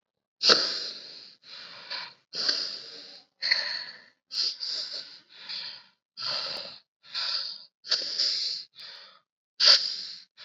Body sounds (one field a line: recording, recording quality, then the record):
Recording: deep breathing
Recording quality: excellent, no background noise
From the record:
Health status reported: COVID-19 positive, mild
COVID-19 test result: positive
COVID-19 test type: RT-PCR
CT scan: not taken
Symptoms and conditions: cough, fever, fatigue, muscle pain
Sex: female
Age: 24 years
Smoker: no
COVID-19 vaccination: both doses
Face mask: worn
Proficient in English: yes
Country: India